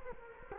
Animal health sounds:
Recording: mosquito wingbeat signal from an infrared sensor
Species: Culex quinquefasciatus

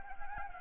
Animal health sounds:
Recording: mosquito wingbeat signal from an infrared sensor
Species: Anopheles gambiae

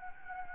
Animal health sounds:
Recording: mosquito wingbeat signal from an infrared sensor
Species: Anopheles gambiae

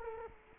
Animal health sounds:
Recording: mosquito wingbeat signal from an infrared sensor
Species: Culex quinquefasciatus

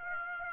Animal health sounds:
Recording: mosquito wingbeat signal from an infrared sensor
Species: Aedes aegypti

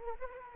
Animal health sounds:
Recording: mosquito wingbeat signal from an infrared sensor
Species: Anopheles arabiensis

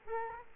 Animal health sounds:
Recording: mosquito wingbeat signal from an infrared sensor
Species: Culex quinquefasciatus

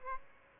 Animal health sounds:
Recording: mosquito wingbeat signal from an infrared sensor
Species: Aedes aegypti

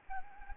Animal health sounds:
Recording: mosquito wingbeat signal from an infrared sensor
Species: Anopheles gambiae

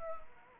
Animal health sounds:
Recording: mosquito wingbeat signal from an infrared sensor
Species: Anopheles arabiensis

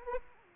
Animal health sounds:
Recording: mosquito wingbeat signal from an infrared sensor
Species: Anopheles arabiensis

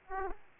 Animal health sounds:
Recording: mosquito wingbeat signal from an infrared sensor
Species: Aedes aegypti

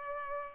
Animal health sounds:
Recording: mosquito wingbeat signal from an infrared sensor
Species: Culex pipiens

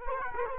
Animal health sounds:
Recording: mosquito wingbeat signal from an infrared sensor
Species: Culex quinquefasciatus

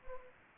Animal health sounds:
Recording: mosquito wingbeat signal from an infrared sensor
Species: Anopheles gambiae

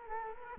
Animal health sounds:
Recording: mosquito wingbeat signal from an infrared sensor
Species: Culex quinquefasciatus

